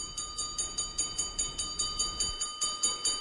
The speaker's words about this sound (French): La cloche du dîner. J'aime bien cette idée d'appeler les gens, les rappeler à l'ordre des choses simples comme de partager un repas.